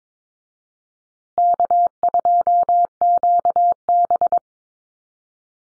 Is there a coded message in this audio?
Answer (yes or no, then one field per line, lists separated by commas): yes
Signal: Morse code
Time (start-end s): 1.4-4.4 s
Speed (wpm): 22 wpm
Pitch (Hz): 700 Hz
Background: none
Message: K2QB